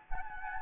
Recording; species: mosquito wingbeat signal from an infrared sensor; Anopheles gambiae